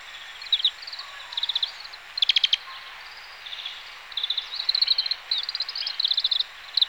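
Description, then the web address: Grey-capped greenfinch singing in rapid twittering phrases and dry trills, several bright bursts in quick series, over a constant hissing background. Recorded 11 May 2018 in Chikushi. "chikushishou bird watching club 2018 5 11 kawarahiwa"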